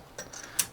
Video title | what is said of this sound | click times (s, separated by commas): Lian Li EVO XL Custom Water Cooled PC for AMD Ryzen 9950X Part 3: Cpu, Fill, impressions & B-roll. | nice click here | 0.6 s